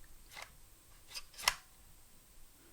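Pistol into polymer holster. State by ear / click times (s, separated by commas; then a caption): not seated / none. An unloaded pistol is pushed into a T.REX ARMS Raptor polymer (Kydex-style) appendix holster to test its retention, with soft sliding scrapes near 0.4 s and 1.2 s and one sharp contact knock at 1.5 s. The pistol slides smoothly into place, and no retention click has sounded yet.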